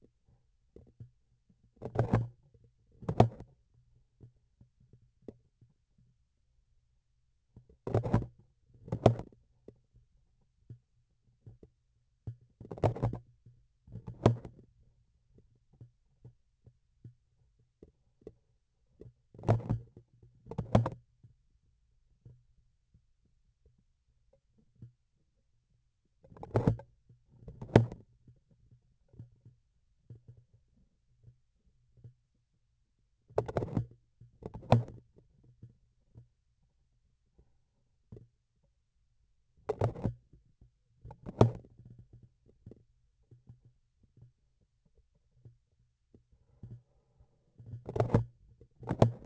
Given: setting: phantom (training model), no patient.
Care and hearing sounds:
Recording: laparoscopic instrument, vibration sensor on the handle end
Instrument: grasping forceps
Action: opening and closing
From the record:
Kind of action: tool actuation without material contact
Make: other than Olympus

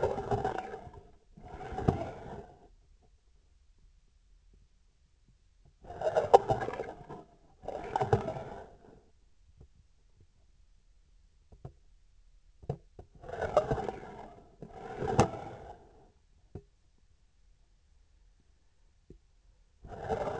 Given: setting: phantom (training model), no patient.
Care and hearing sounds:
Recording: laparoscopic instrument, vibration sensor on the handle end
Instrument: scissors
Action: approaching and retracting movements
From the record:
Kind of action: spatial motion

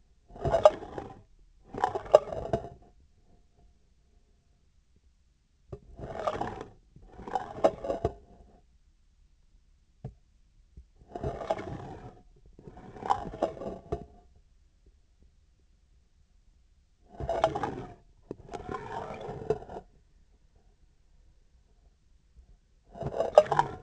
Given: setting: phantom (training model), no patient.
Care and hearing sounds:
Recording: laparoscopic instrument, vibration sensor on the handle end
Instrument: scissors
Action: approaching and retracting movements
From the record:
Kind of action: spatial motion

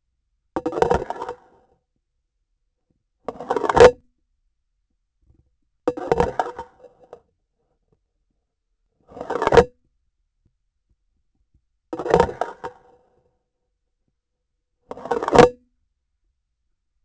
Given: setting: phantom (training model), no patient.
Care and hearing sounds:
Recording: laparoscopic instrument, vibration sensor on the handle end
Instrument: grasping forceps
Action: insertion and removal through the trocar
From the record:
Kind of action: spatial motion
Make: Olympus

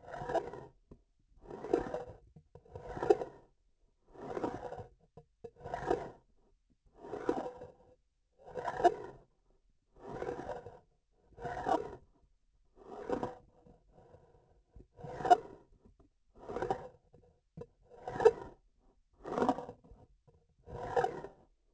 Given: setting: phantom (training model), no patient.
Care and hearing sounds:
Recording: laparoscopic instrument, vibration sensor on the handle end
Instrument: grasping forceps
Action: approaching and retracting movements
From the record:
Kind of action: spatial motion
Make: Olympus

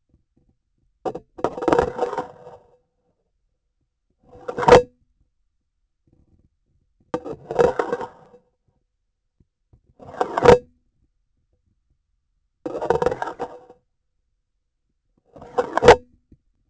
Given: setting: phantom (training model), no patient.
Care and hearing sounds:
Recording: laparoscopic instrument, vibration sensor on the handle end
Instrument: grasping forceps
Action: insertion and removal through the trocar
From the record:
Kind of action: spatial motion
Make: Olympus

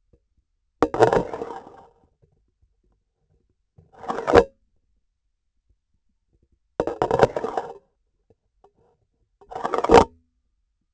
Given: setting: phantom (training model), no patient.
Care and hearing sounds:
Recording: laparoscopic instrument, vibration sensor on the handle end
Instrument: grasping forceps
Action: insertion and removal through the trocar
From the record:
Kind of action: spatial motion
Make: Olympus

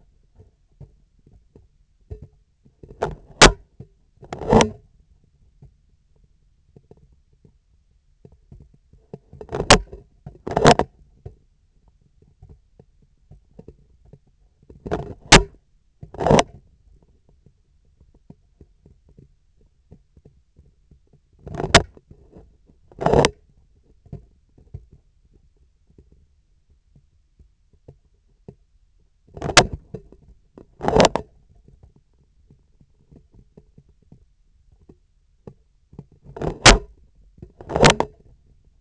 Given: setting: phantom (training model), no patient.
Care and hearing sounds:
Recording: laparoscopic instrument, vibration sensor on the handle end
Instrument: scissors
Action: opening and closing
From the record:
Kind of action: tool actuation without material contact

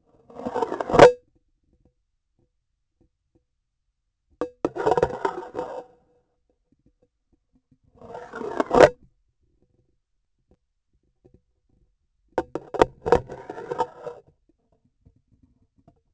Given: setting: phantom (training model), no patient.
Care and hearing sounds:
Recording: laparoscopic instrument, vibration sensor on the handle end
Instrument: grasping forceps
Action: insertion and removal through the trocar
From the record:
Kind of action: spatial motion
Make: Olympus

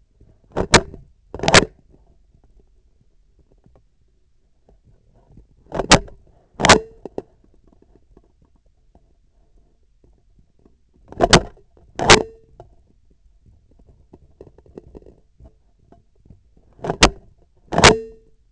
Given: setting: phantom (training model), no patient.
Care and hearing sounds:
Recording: laparoscopic instrument, vibration sensor on the handle end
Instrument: scissors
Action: opening and closing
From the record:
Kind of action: tool actuation without material contact

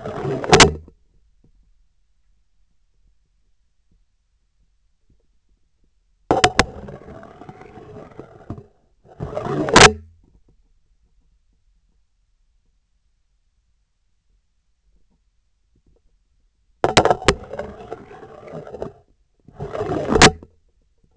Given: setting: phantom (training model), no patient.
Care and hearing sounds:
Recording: laparoscopic instrument, vibration sensor on the handle end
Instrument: scissors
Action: insertion and removal through the trocar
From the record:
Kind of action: spatial motion

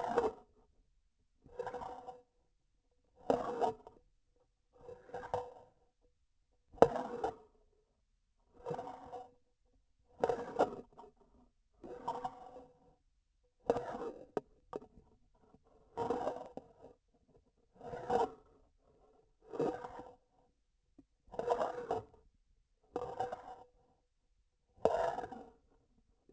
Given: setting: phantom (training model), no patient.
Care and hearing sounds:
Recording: laparoscopic instrument, vibration sensor on the handle end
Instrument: grasping forceps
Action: approaching and retracting movements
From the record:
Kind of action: spatial motion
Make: Olympus

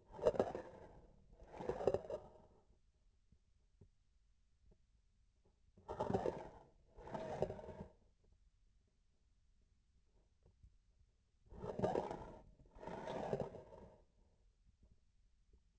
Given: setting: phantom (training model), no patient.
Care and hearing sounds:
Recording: laparoscopic instrument, vibration sensor on the handle end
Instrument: grasping forceps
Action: approaching and retracting movements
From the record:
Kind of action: spatial motion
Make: other than Olympus

